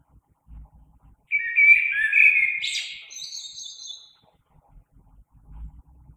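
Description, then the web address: Common blackbird giving a single rich whistled phrase that breaks into a thin, high twittering tail, otherwise quiet. Recorded 3 March 2020. "oiseaux Merle 2020 03 03"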